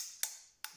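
The bolt of a CO2 air pistol is pulled back to cock it before loading a pellet: a sharp bright click at 0.2 s is followed at 0.6 s by a second short sharp click as the hammer catches. The bolt and hammer seat into the cocked position at 0.6 s.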